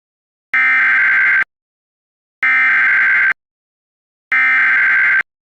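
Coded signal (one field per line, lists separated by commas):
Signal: Emergency Alert System (SAME) tones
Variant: header bursts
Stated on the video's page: Fictional EAS scenario.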